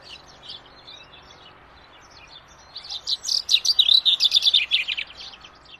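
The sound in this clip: Common chaffinch: soft high chirps at first, then a loud, fast tumbling song phrase that descends.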